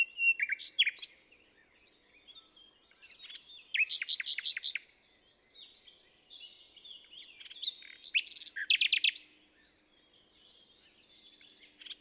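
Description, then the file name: Common nightingale singing varied phrases of whistles, short rapid note bursts and sharp chirps, with brief pauses between phrases. "Luscinia megarhynchos"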